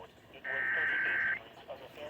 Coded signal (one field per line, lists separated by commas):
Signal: Emergency Alert System (SAME) tones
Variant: header bursts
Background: speech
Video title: EAS/NWR Alert or message #843-851/853: First Ohio Required Weekly Test for 2022